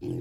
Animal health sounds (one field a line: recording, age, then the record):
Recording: pig call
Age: weaner (32 to 43 days)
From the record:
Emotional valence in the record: negative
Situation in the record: negative conditioning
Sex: female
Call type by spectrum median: low-frequency call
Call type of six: low-frequency stable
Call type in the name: low-frequency stable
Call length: 0.21 s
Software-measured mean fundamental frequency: 41 Hz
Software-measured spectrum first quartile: 139 Hz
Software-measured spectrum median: 265 Hz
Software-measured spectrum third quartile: 358 Hz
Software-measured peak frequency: 335 Hz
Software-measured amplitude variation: 111 dB a second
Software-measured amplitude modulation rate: 28.5 a second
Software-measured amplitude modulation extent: 3.9 dB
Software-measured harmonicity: 0.1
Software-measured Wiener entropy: -0.23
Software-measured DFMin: 939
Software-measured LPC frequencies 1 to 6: 331, 2608, 3215, 4323, 5081, 6196 Hz